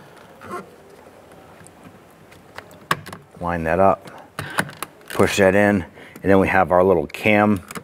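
While working on the driver's side door handle of a 2008-2012 Honda Accord, the wiring connector is lined up and pushed into the door bulkhead connector, with its small locking cam still to be pushed over. Small sharp taps and handling noises come through, the strongest near 2.9 s and 4.4 s, while someone talks. The clip ends before the cam snaps over; nothing has seated or clicked yet.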